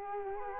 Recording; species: mosquito wingbeat signal from an infrared sensor; Culex quinquefasciatus